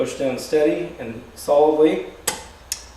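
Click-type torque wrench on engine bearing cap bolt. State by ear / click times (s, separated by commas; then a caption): torque reached / 2.3 s. A click-type torque wrench, pushed down steadily, tightens a bearing cap bolt on an MGB engine block while someone talks. The wrench gives a sharp click at 2.3 seconds, signaling that the bolt has reached its set torque and tightening should stop.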